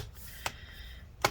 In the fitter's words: snap it all back into place just like that snippy snappy slippy snappy